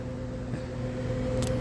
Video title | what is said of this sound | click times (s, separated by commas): New Voltage controller for all Denso style high output alternators using GM 3 pin with sense wire | and it just snaps right into place | 1.4 s, 1.5 s